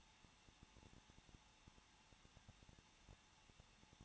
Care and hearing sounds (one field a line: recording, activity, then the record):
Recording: daily activity, microphone in the room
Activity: no activity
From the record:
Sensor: 1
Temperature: 20.1 degrees Celsius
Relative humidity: 39.4%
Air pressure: 1006.3 hPa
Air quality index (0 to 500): 219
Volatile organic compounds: 82 ppm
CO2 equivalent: 3621 ppm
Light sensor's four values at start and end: 1/2/1/1 and 1/2/1/1